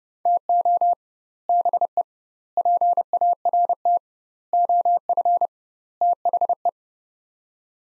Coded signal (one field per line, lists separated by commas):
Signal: Morse code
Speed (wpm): 30 wpm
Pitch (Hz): 700 Hz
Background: none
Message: TO BE PART OF THE